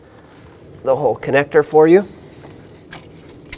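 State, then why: Released. Someone talks while reaching behind the starter on a 2013-2020 Nissan Pathfinder to pull up the lock lever on a small plastic wiring harness connector. The lever clicks open at 3.5 s, unlocking and releasing the connector so it comes off.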